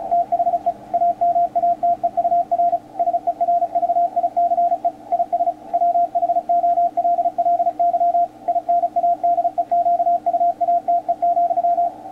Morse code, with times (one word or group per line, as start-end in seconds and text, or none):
0.1-0.7 THE
0.9-2.8 AMATEUR
3.0-4.9 SERVICE
5.1-5.5 IS
5.7-8.2 WHOLLY
8.5-11.9 INADEQUATE,